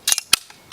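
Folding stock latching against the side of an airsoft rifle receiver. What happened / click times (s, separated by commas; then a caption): The folding stock latched into its folded position / 0.3 s. On an Echo 1 Rifle Dynamics AK700 airsoft AK rifle, the release button is pressed and the folding stock swings over to the side, latching against the receiver. A cluster of sharp plastic-and-metal clicks around 0.1 to 0.2 s is followed by the loudest sharp snap at 0.3 s, a faint tick, and another sharp hit near 0.7 s. The stock locks firmly in the folded position at 0.3 s.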